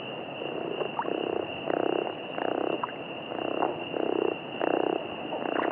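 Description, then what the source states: Chiricahua leopard frog snoring steadily: distinctly pulsed rattles, each about half a second, repeated almost without break. A thin high hum runs throughout. Arizona.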